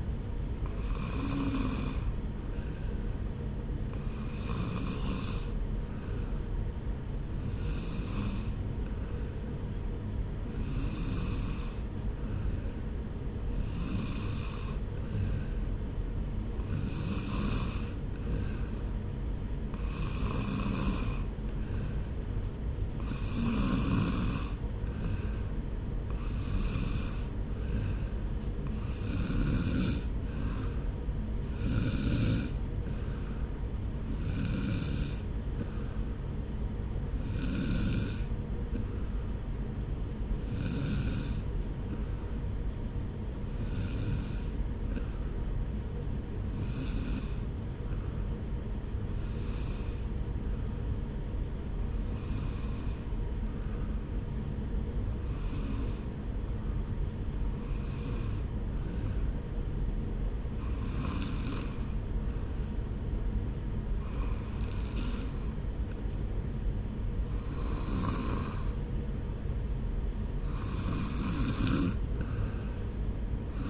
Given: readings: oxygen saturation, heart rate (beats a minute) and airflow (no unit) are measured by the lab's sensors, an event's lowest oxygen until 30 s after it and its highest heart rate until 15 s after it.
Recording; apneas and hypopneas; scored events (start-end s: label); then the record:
breathing in sleep by a smartphone at the bedside; none
none scored
From the record:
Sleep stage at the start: N2 (light sleep); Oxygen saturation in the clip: 93 to 94%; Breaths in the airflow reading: 27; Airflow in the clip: -1.0 to 0.9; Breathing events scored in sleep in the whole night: 335 in 6.7 hours asleep